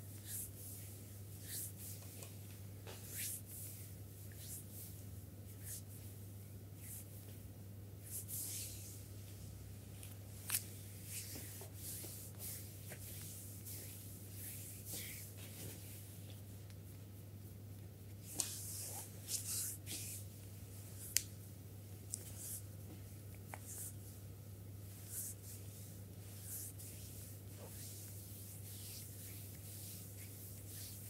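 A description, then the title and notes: A massager hums with a steady low drone throughout a full body massage. Brief hissy brushing and rubbing sounds come and go over the hum, with a few sharp clicks around the middle and later on. Spa full body massage with massager.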